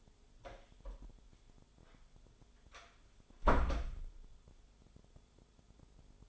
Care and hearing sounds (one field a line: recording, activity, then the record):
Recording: daily activity, microphone in the room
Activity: close door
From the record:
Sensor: 5